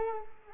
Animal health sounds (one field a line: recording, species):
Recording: mosquito wingbeat signal from an infrared sensor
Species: Culex quinquefasciatus